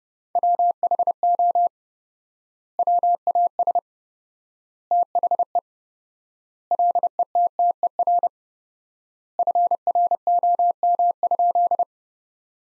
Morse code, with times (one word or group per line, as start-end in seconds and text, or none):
0.4-1.7 WHO
2.8-3.8 WAS
4.9-5.6 THE
6.7-8.3 LETTER
9.4-11.8 FROM?